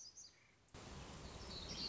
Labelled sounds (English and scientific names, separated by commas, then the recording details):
Black-throated Gray Warbler (Setophaga nigrescens)
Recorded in Sonoma County, California